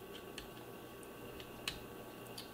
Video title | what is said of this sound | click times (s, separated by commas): Folding Nano Drone Flight Review | they click in place. | 0.4 s, 1.4 s, 1.7 s, 2.4 s